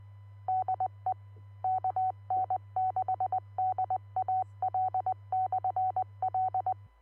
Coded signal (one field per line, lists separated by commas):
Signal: Morse code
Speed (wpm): 20 wpm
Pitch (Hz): 750 Hz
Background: none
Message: DE KN6DAL/L